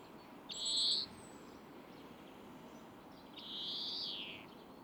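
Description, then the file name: European greenfinch wheezes: two drawn-out nasal buzzing notes, the first short and loud, the second longer and gently arching, separated by quiet hiss. "Chloris chloris"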